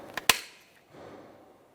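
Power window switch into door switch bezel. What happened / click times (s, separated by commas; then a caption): The plastic switch snapped into its housing / 0.3 s. A new plastic rear power window switch for a 2004-2008 Ford F-150 is lined up with the ports in its door switch bezel and pressed in. A faint tick at 0.2 s is followed by a sharp snap at 0.3 s as the switch seats, then a quieter rustle as it is wiggled to make sure it is secured.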